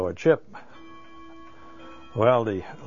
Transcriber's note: a clock chimes in the background